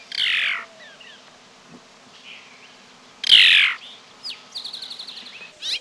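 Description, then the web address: Phainopepla calls: two loud, buzzy descending notes, then a quick run of short, thin repeated notes and a final harsh note. "Peterson North American Birds. phai"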